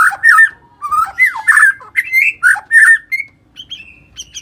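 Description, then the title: White-rumped shama song of loud, rich whistled phrases in quick succession, ending with softer, thin high notes. "murai batu"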